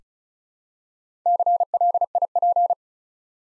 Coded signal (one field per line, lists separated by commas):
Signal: Morse code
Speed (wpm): 36 wpm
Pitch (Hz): 700 Hz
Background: none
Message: CLIP